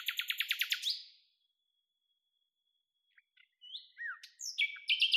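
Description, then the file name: Common nightingale song: a rapid train of evenly spaced notes, a silent gap, then scattered whistles and varied phrases building again near the end. "Luscinia megarhynchos"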